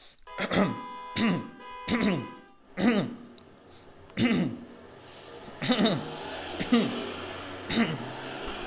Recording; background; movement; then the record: throat clearing; traffic; sitting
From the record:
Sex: male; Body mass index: 22.0 kg/m2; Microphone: on the chest, facing outward